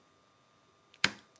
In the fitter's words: Oh, that was like a particularly satisfying click for sure.